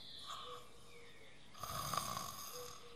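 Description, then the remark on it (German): A single rough, rasping snore rises out of a quiet, tonal background about halfway through, rattling for under a second before fading back to near silence. No one speaks. “Aber ich schnarche nachts, ja?”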